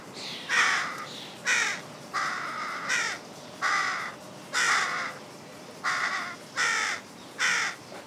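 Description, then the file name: Carrion crow repeating coarse, rasping caws in a fairly quick sequence, around nine calls in eight seconds, some slightly drawn out. "Corvus corone"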